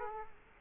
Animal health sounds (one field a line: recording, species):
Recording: mosquito wingbeat signal from an infrared sensor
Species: Culex quinquefasciatus